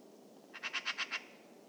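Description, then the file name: Eurasian magpie uttering one quick chatter of five harsh, evenly spaced rasping notes, against quiet background hiss. "Pica pica"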